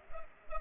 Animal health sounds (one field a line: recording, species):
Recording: mosquito wingbeat signal from an infrared sensor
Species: Culex pipiens